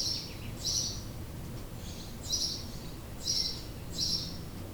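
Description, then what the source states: House sparrow chirping, several clear bright chirps in a loose irregular series, with faint low background hum. Recorded in 2008.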